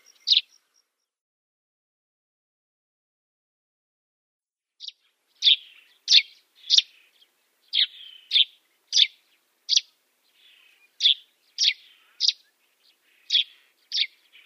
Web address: Schulze Peter Dead Sea Sparrow song